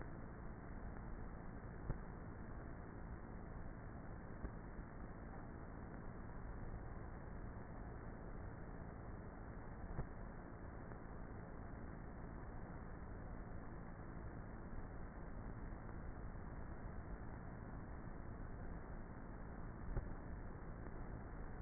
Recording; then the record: honeybee colony, microphone inside the hive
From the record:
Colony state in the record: queenless with a low population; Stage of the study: before two queens were removed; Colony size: about 30,000 bees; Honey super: no